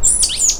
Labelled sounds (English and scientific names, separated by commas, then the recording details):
Stitchbird (Notiomystis cincta) song
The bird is a male
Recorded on Tiritiri Matangi Island, New Zealand, in 2005
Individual 1, of nest box 1